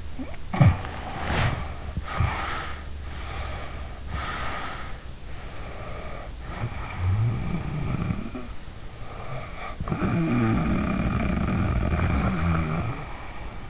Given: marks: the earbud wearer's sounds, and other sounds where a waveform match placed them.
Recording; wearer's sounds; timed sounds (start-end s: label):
sounds in sleep by an in-ear microphone; snoring breath, breath
0.00-2.96 s: snoring breath
3.06-5.05 s: breath
5.27-8.61 s: snoring breath
8.88-13.70 s: snoring breath